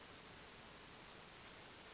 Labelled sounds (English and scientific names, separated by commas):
Western Flycatcher (Empidonax difficilis)